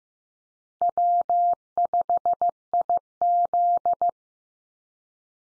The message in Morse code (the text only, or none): W5IZ